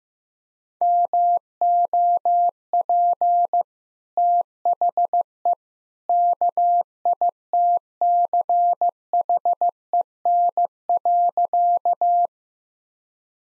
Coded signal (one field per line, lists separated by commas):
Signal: Morse code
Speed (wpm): 15 wpm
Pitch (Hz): 700 Hz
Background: none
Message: MOP THE KITCHEN.